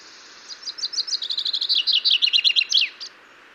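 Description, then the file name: Common chaffinch delivering a single song phrase: thin opening notes, a rattling descending trill, and a short emphatic flourish at the end. "Fringilla coelebs"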